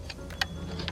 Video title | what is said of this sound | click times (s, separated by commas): HOW TO INSTALL A CAR STEREO - ( replacing my wife’s broken screen) | until it clicks and it's secure now you can just set your screen right back inside | 0.4 s